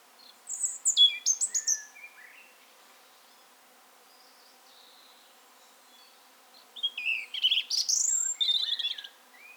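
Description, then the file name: European robin song: two bursts of thin, high, varied warbling notes and trills, separated by a pause of several seconds. "Erithacus rubecula - European Robin"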